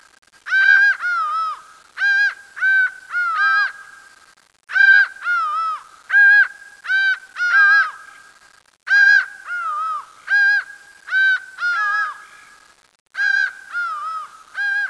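Laughing falcon calling: loud, downslurred nasal notes, often in pairs, repeated in series separated by short pauses.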